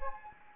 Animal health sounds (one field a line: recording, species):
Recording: mosquito wingbeat signal from an infrared sensor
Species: Anopheles gambiae